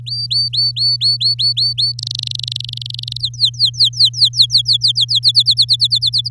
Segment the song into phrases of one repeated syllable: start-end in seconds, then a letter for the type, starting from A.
0.06-1.92 A, 1.99-3.17 B, 3.19-5.19 C, 5.23-6.29 D